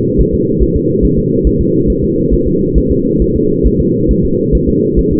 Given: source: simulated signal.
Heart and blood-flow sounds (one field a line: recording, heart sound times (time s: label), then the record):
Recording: fetal heart sounds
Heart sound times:
0.21 s: S1
0.34 s: S2
0.62 s: S1
0.76 s: S2
1.05 s: S1
1.18 s: S2
1.47 s: S1
1.61 s: S2
1.90 s: S1
2.04 s: S2
2.34 s: S1
2.47 s: S2
2.78 s: S1
2.92 s: S2
3.22 s: S1
3.36 s: S2
3.66 s: S1
3.80 s: S2
4.11 s: S1
4.25 s: S2
4.55 s: S1
4.69 s: S2
4.99 s: S1
5.13 s: S2
From the record:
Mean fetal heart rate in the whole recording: 140 bpm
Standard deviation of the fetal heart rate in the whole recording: 2 bpm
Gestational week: 34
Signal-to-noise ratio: -11.2 dB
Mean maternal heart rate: 72 bpm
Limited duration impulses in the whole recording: present